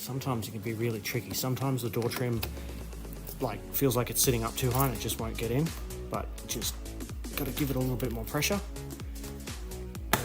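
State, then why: Seated. Someone talks over background music while lining up the door trim panel on a Proton Satria GTi and pressing it harder, because the trim sits up too high and won't go in. A sharp pop at 10.1 s marks the plastic retaining clip seating into the car door panel.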